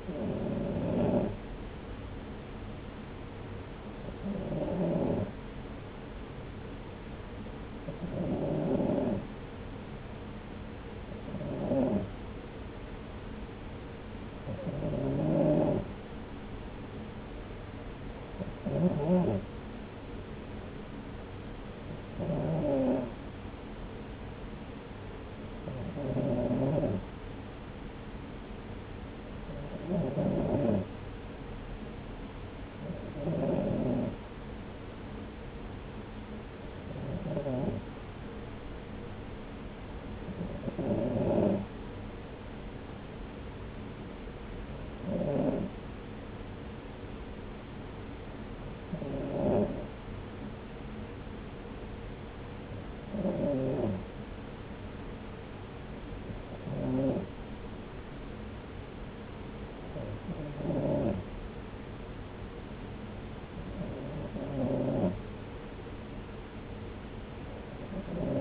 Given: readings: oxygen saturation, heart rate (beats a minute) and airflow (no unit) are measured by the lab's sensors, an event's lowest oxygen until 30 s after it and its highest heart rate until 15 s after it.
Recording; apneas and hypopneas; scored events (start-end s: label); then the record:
breathing in sleep by a voice recorder at the bedside; none
none scored
From the record:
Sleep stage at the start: N2 (light sleep); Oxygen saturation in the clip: 93 to 94%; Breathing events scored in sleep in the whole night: 303 in 8.1 hours asleep